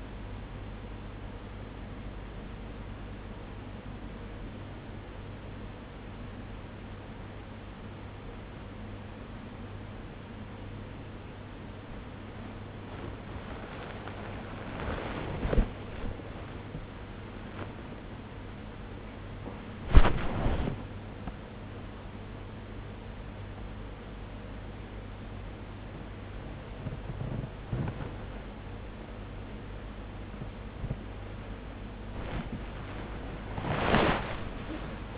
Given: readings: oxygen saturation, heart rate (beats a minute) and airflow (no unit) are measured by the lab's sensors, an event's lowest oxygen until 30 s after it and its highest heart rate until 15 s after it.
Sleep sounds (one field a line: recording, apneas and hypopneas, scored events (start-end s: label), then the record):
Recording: breathing in sleep by a voice recorder at the bedside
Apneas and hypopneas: 1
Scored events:
3.00-16.30 s: hypopnea (N2, oxygen 95% highest, then 94% lowest, heart rate 63 at the start, 81 highest)
25.00-35.18 s: new sleep stage, awake
32.00-35.18 s: awake
From the record:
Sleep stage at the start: N2 (light sleep)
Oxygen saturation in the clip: 94 to 97%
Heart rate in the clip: 63 to 81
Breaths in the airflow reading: 13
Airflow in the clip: -2.9 to 3.1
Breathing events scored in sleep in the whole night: 101 in 7.3 hours asleep